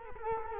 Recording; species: mosquito wingbeat signal from an infrared sensor; Culex quinquefasciatus